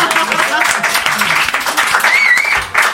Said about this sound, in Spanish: Bueno, pues sí, señor, un aplauso para él como profesor de arte, ¿no?